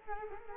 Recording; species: mosquito wingbeat signal from an infrared sensor; Culex quinquefasciatus